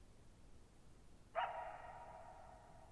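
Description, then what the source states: Coyote giving a single sharp bark at about 1.4 seconds, its sound hanging and ringing on for over a second afterward in an otherwise very quiet night. Lone coyote calling at night, July 14, 2019, Thirtymile Meadows, Okanogan National Forest, Okanogan High Country, Pacific Northwest, 6400 ft, in a bowl-shaped meadow on a high dry plateau over boggy ground.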